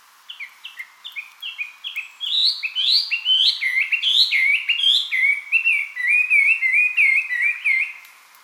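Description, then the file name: Chinese hwamei song: a fast, tumbling run of clear whistled notes, rising and falling, grows into loud looping slurs repeated several times a second. Recorded 2007-05-24. "gabityo"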